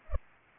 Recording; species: mosquito wingbeat signal from an infrared sensor; Culex pipiens